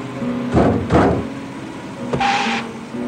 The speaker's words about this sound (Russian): Слышит стук в машине.